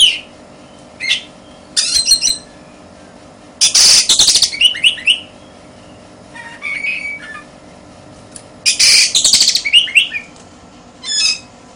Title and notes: suara kacer. kumpulan suara burung kacer